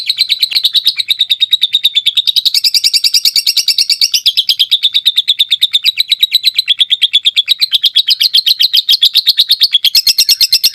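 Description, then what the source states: White-eye singing a continuous rolling warble of fast, high chirps, pitch shifting up and down in a steady, rapid pulse for the whole stretch. Long rolling song (ngerol) in wild-bird style (ngalas).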